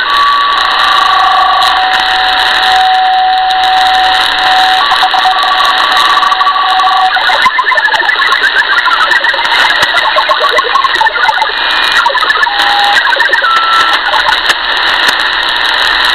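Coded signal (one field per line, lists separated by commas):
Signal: HF data modem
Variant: Saab Grintek MHF-50 MFSK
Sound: two steady tones for seven seconds, then rapid warbling tones hopping across a band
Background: radio static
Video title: 4346 kHz South Africa Navy - Saab Grintek MHF-50 MFSK Modem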